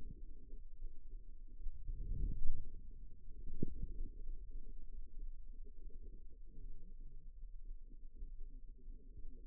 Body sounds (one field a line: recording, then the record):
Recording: forearm muscle sounds (acoustic myography)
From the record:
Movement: outward rotation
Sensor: system 2, bracelet of six BSWA MPA416 microphones around the upper forearm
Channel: 4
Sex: male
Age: 22 years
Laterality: right